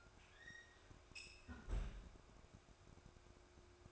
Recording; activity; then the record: daily activity, microphone in the room; close fridge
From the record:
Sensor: 2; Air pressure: 1004.5 hPa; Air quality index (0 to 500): 186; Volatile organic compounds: 10 ppm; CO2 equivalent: 2229 ppm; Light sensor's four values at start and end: 4/10/4/4 and 4/10/4/4